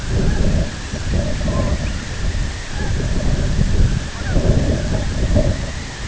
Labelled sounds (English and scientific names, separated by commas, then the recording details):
Snow Goose (Anser caerulescens), unidentified sound
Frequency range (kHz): Snow Goose (Anser caerulescens) 0.4-2.1 kHz
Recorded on Arctic tundra, site IGLO-B, on 23 June 2018
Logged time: 13:59